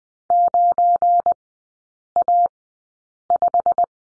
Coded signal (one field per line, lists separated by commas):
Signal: Morse code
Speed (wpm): 20 wpm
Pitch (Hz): 700 Hz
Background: none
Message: 9A5